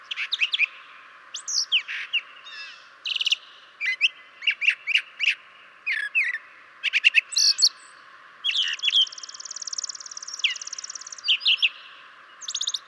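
Brown Thrasher song: a varied string of short, sharp, chirping and slurred phrases, with a long buzzy rattle midway and more quick notes after it.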